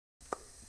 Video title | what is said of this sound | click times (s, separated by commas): DIY Oil Change - 2015 Audi A3 2.0t | push it in there nice click | 0.3 s